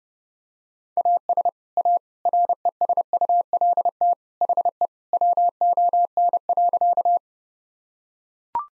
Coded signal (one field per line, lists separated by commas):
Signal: Morse code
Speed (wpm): 32 wpm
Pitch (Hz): 700 Hz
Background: none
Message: AS A RESULT HE WON.